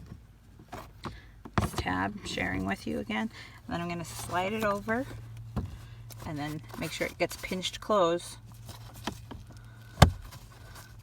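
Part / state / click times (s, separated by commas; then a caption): cabin air filter cover clip into the filter housing behind the glovebox / seated / 10.0 s. Someone talks while sliding the plastic cabin air filter access cover over and pinching it closed on the filter housing behind the glovebox of a 2021 Hyundai Elantra SEL, fitted with a new K&N lifetime-warranty filter. Light plastic taps and handling noises lead to a sharp snap at 10.0 s as the cover's clip seats, securing the cover.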